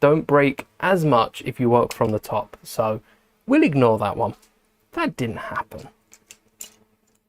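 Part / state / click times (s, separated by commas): plastic brick pulled off another brick / released / 6.6 s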